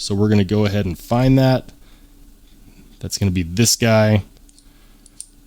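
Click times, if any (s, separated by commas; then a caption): 5.2 s. A T8 steel screwdriver bit is pushed into the magnetic bit holder of a Goodskrew pocket bit driver. Someone talks, then after a few faint ticks the bit pops into the magnetic holder with a sharp click at 5.2 seconds, seating it.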